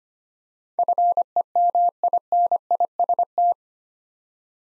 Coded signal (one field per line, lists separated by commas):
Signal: Morse code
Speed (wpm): 25 wpm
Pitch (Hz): 700 Hz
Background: none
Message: FEMINIST